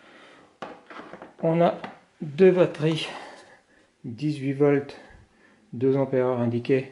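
A cordless MENSELA 6-inch 18V Li-ion mini chainsaw's trigger safety lock button is released, and it engages with a sharp click at 0.6 s, followed by a couple of softer knocks around 0.9 and 1.2 s. Someone talks over most of the clip.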